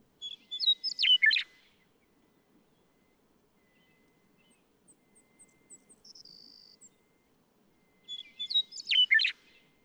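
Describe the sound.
Western meadowlark song: a rich gurgling phrase of flute-like notes at the start and another near the end, with faint high chirps and a brief buzzy trill between.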